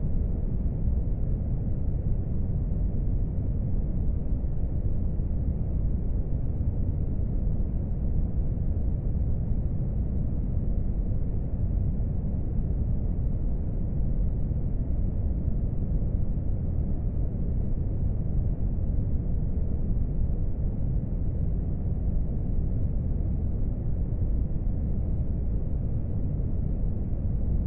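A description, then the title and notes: Brown noise: a steady, dense rumble weighted heavily toward the low end, with almost nothing above the upper mids. It holds constant for the whole stretch with no events or changes, resembling an engine or wind-like roar. Brown Noise Sleep Sound.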